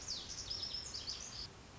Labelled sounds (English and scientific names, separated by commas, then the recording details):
Lazuli Bunting (Passerina amoena)
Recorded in Sonoma County, California